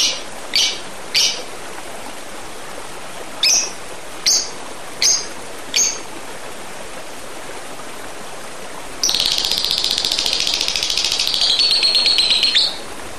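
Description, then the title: Oriental magpie-robin giving sharp high chirps in an irregular series, followed by a dense buzzy rattling phrase lasting about four seconds. "Kicau Kacer"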